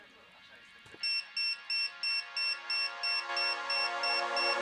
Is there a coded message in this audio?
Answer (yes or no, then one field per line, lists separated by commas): no